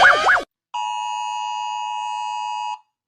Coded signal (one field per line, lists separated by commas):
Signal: Emergency Alert System (SAME) tones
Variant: 853 and 960 Hz attention tone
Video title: Rating EAS Alarms Based on How Scary They Are (Headphone Warning)